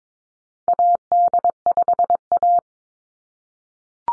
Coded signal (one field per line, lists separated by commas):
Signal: Morse code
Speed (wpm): 22 wpm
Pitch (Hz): 700 Hz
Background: none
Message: AD5A